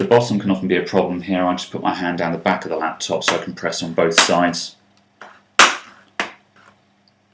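Someone talks while pressing the bottom edge of a plastic screen bezel onto a laptop display lid from both sides, with a hand behind the lid. A loud snap comes at 5.6 s, followed by a smaller click near 6.2 s. The bottom edge snaps in but is misfitted, because a notch should have gone in first, so the bezel has to be pulled back off.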